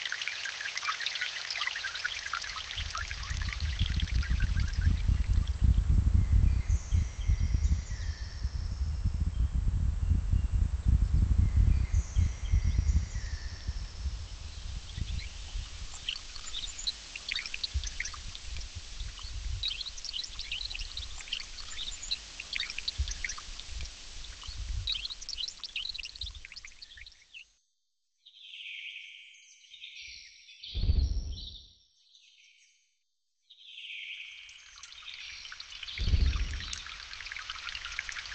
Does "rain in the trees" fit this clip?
no